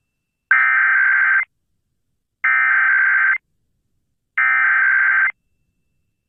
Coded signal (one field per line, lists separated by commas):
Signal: Emergency Alert System (SAME) tones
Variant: header bursts